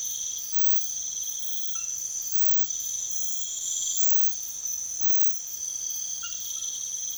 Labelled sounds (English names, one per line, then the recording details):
none
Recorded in pastures near Puerto Asís, Putumayo, Colombia, on 28 February 2025 at 03:30
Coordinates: 0.505, -76.324
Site GP08